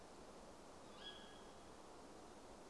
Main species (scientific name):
Strix aluco